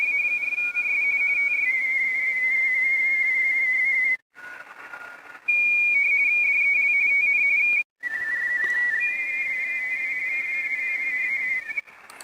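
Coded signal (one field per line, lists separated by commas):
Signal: RTTY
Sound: rapid warbling two-tone chirping around 2 kHz, occasionally two signals overlapping, brief dropouts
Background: radio static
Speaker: Hearing two signals at the same time.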